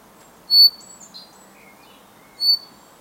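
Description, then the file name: Common chaffinch calls: two short, bright high chirps about two seconds apart, with faint softer twittering between them over a quiet background hiss. "Fringilla coelebs"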